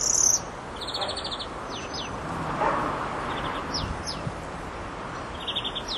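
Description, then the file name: European greenfinch calls: rapid trilled bursts at the start and end, with scattered sharp downslurred notes between them against steady background noise. "Chloris chloris"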